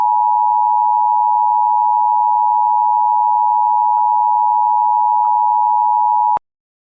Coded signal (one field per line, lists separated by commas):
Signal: Emergency Alert System (SAME) tones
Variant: 853 and 960 Hz attention tone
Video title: EAS: Countryballs Redux - Part 1